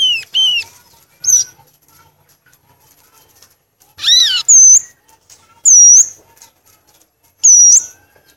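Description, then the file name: Violaceous euphonia song, descending whistled slurs and a bright harmonic note followed by high looping whistles at irregular intervals. "canto do gaturamo verdadeiro"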